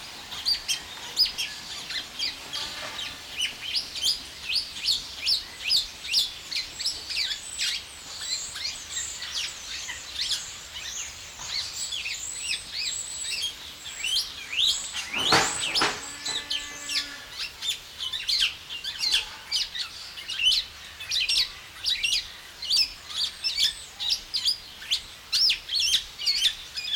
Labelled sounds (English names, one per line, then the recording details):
Black-naped Oriole
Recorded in captivity
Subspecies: celebensis
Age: adult
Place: Zoo Berlin, Berlin, DE
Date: 1993-08-28 10:29
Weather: 12-15°C, heiter
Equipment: Marantz CP 430, Sennheiser MKH 416 T, Kopie Uher Variocord 263
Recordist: Tembrock, Günter
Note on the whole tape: Unterart celebensis; Gesang (8 m)